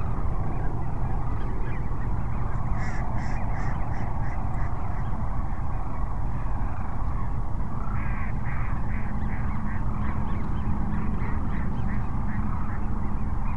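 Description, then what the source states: Sandhill crane flock giving a steady chorus of rattling, bugle-like calls, louder bursts coming and going, over continuous low-pitched background rumble. Sandhill cranes at Cochise Lakes on 30 January 2019.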